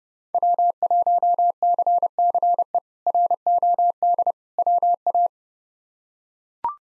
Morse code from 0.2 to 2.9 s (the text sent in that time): W1CCE